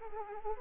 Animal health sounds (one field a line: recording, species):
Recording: mosquito wingbeat signal from an infrared sensor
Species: Culex quinquefasciatus